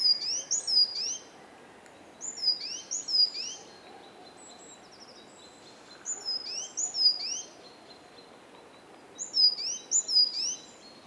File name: Parus major